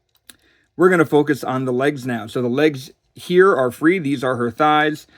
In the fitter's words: It snaps into place like this.